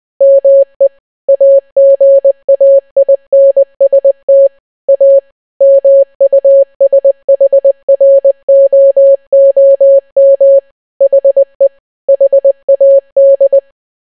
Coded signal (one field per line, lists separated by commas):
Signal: Morse code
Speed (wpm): 20 wpm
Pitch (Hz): 550 Hz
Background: none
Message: ME AGAINST A MUSHROOM HE HAD